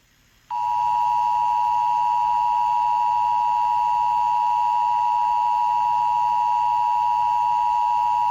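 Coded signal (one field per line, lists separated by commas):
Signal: Emergency Alert System (SAME) tones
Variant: 853 and 960 Hz attention tone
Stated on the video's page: Fictional EAS scenario made as an animation with FlipaClip.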